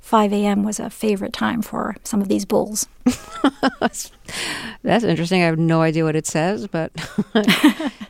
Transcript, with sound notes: was a favorite time for some of these bulls.
(LAUGHTER)
That's interesting. I have no idea what it says, but...